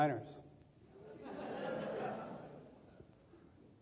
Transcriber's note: laughter